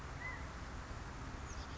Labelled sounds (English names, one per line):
California Quail